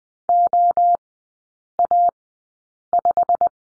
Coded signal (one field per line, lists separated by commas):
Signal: Morse code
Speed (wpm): 20 wpm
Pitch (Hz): 700 Hz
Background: none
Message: OA5